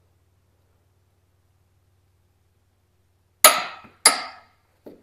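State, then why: Torque reached. A torque wrench on a sprocket or idler nut of a mini skid steer undercarriage is pulled again on the same nut to get a second click. After near silence, a sharp click rings out at 3.5 s, followed by another sharp crack at 4.1 s and a faint tap near 4.9 s. The second torque click is confirmed, and the nut is torqued down.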